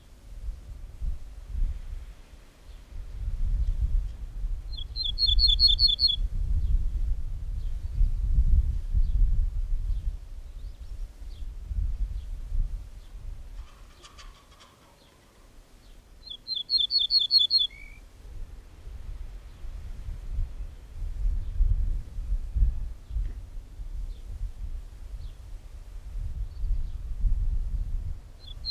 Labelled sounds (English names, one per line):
Ortolan Bunting song